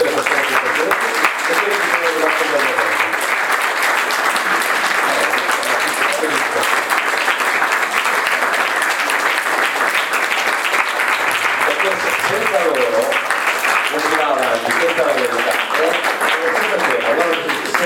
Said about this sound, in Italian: Quindi io vi chiederei veramente un grandissimo applauso per questo.